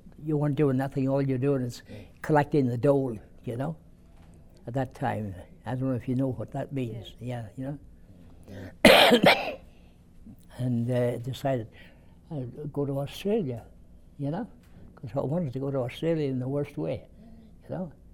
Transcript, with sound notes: you weren't doing nothing, all you were doing was collecting the dole, you know, at that time. I don't know if you know what that means.
Yeah. (He coughs)
And, uh, I decided I'd go to Australia, you know, because I wanted to go to Australia in the worst way, you know?